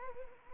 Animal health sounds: mosquito wingbeat signal from an infrared sensor; Anopheles arabiensis

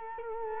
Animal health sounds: mosquito wingbeat signal from an infrared sensor; Culex quinquefasciatus

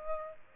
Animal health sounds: mosquito wingbeat signal from an infrared sensor; Aedes aegypti

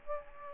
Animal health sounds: mosquito wingbeat signal from an infrared sensor; Aedes aegypti

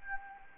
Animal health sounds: mosquito wingbeat signal from an infrared sensor; Anopheles gambiae

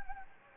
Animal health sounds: mosquito wingbeat signal from an infrared sensor; Anopheles gambiae

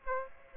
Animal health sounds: mosquito wingbeat signal from an infrared sensor; Aedes aegypti

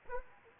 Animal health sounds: mosquito wingbeat signal from an infrared sensor; Anopheles arabiensis

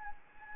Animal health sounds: mosquito wingbeat signal from an infrared sensor; Anopheles gambiae

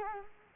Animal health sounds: mosquito wingbeat signal from an infrared sensor; Culex quinquefasciatus

